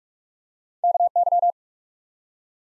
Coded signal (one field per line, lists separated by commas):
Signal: Morse code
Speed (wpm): 43 wpm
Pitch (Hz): 700 Hz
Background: none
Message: KY